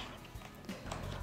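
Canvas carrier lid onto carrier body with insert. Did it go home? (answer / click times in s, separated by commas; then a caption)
no / none. The lid of a canvas carrier is brought down over a stretched canvas sitting in the carrier's insert, to lock it in place. Two short, sharp knocks stand out over a low background, at about 0.7 s and a louder one at 0.9 s. The clip ends before the lid locks down, so nothing has seated yet.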